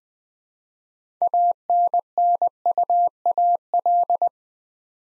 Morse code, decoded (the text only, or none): ANNUAL